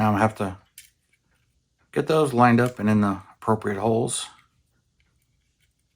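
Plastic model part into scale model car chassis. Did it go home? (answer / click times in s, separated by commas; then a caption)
no / none. Plastic chassis parts of a Moebius 1965 Plymouth Satellite AFX AWB Golden Commandos scale model car are handled and lined up with their locating holes while someone talks. A brief tick is heard at 0.8 s, with fainter ticks near 1.1, 5.0, 5.2 and 6.0 s. Nothing has seated or clicked into place yet.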